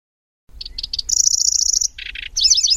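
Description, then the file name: Lanceolated warbler singing a short burst of three clipped high notes, then a steady shrill reeling trill, buzzy lower chatter and a fast twisting whistled flourish. "suara kicauan burung kecici belalang. omkicau"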